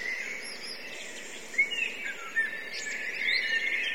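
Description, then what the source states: Blackbird: constant squeaky chatter from many blackbirds, with short sharp chirps and a brief swell of louder notes toward the end. Several blackbirds; recorded from a line-in input, with buffer overruns.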